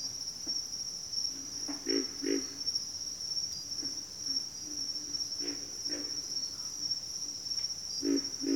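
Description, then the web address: Pig frog giving low grunts, often in pairs, with pauses between groups, set against a loud, unbroken high insect drone. "Sounds of Nature Collection. Pig Frogs"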